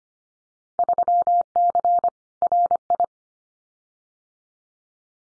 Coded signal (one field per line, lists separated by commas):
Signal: Morse code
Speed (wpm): 25 wpm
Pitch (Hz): 700 Hz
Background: none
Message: 3C RI